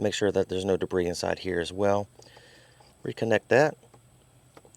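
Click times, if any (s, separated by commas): 4.8 s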